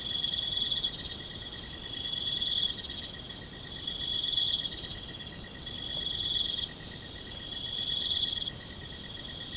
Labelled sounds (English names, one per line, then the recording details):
none
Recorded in pastures near Puerto Asís, Putumayo, Colombia, on 22 June 2025 at 23:30
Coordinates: 0.472, -76.331
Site G095